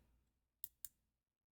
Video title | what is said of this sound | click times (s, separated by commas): HoloMoonGraphics Handheld Portable Holographic Projector Tutorial Video | and you'll hear this click. | 0.6 s, 0.8 s